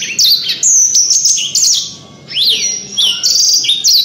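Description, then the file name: Canary song, a loud run of high whistled slurs and sweeping notes, some rising and falling steeply, with a short pause near the middle before the phrases resume. Canary song of the isian type. "suara kenari isian v 2 omkicau"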